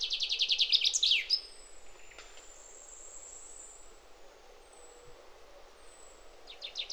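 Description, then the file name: Common chaffinch song: a quick cascade of sharp, descending notes finishing in a flourish, faint high drawn-out whistles after, and another phrase beginning at the end. "Fringilla coelebs"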